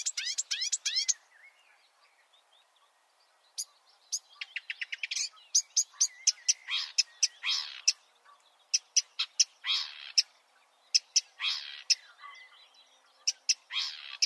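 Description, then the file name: Marsh warbler song opening with a quick run of arched notes, then after a pause scattered sharp ticks, brief buzzes and short chattering phrases. "suara-kicauan-burung-marsh-warbler -omkicau"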